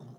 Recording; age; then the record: pig call; piglet (1 to 25 days)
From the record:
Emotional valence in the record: negative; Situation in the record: short isolation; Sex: female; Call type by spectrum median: low-frequency call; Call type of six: low-frequency modulated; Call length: 0.19 s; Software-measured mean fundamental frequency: 56 Hz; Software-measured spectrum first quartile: 136 Hz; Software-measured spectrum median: 214 Hz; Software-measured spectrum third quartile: 504 Hz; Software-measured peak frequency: 140 Hz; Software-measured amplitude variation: 127 dB a second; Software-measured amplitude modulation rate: 18.2 a second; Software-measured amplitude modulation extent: 7.0 dB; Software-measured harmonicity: 0.4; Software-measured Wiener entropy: 0.14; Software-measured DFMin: 1677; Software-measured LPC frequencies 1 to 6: 3638, 5296, 6171, 7609, 9274, 10265 Hz